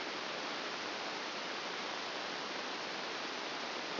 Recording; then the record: brain microelectrode recording played as sound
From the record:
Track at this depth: outside the subthalamic nucleus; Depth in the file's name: 2.773 mm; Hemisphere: left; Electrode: 2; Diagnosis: Parkinson's disease